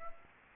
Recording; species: mosquito wingbeat signal from an infrared sensor; Aedes aegypti